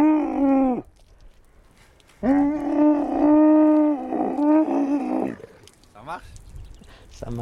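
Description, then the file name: Camel calling with loud, drawn-out tonal bellows, one short then one long, rich in harmonics and wavering slightly, followed by fainter scattered sounds. "Chameau"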